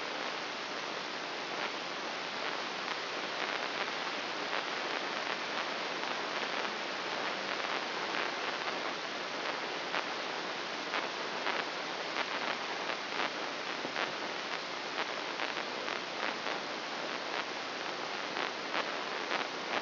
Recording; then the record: brain microelectrode recording played as sound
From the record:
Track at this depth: inside the subthalamic nucleus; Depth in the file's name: 5.905 mm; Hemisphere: left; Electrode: 3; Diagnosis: Parkinson's disease